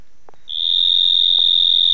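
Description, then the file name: Mottled shovel-nosed frog call starting after a short quiet moment and building into a steady, shrill continuous buzz that holds at one high pitch throughout. "Hemisus marmoratus"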